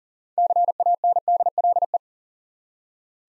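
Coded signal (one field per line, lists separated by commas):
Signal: Morse code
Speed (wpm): 42 wpm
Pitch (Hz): 700 Hz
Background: none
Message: CANDLE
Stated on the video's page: Practice set of easy words with context hints at 40 wpm.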